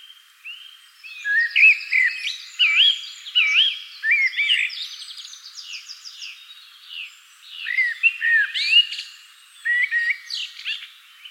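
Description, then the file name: Common blackbird song: mellow, looping whistled phrases that warble up and down, each ending in thin twittering notes, repeated in bursts with brief pauses between. "Turdus merula"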